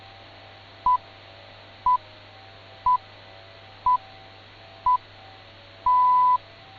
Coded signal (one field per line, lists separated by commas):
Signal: radio time signal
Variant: time pips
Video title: BBC Radio 4 News 02/04/2024 1200 GMT 198kHz